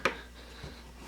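The flat press-fit battery flex connector of an iPhone 6 is pressed onto its logic board socket during a battery replacement. A single short, bright snap sounds at 0.1 s, followed by quiet background with a faint low thud near 0.6 s. The connector pops in and is seated.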